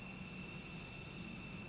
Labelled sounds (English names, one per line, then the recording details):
Northern Flicker
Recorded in Sonoma County, California